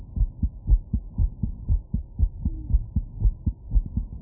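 An adult's heartbeat, heard close up.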